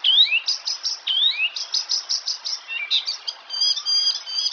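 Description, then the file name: Icterine warbler song, a fast varied medley of high rising whistles, repeated sharp chipping notes and squeaky phrases, delivered continuously without pause. "Härmsångare - Hippolais icterina"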